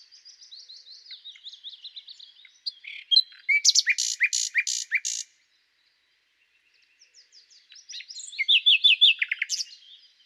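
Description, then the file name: Common nightingale song: soft warbling leading into loud throbbing pulses, a pause of silence, then a rapid trill and sharp notes. "Luscinia megarhynchos"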